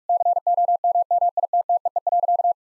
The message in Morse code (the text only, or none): COMMITTEE.